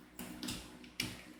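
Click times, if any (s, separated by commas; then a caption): none. A plastic finger piece for a Fanhome Spider-Man (Iron Spider) model, along with the ring finger, is handled as its post is worked toward a socket in the model hand. Light plastic ticks and rubs are heard, the sharpest at about 0.4 s, 0.5 s and 1.0 s. Nothing has seated or clicked yet.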